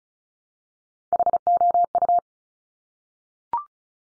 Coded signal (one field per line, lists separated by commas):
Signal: Morse code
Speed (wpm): 36 wpm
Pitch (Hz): 700 Hz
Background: none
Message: HOU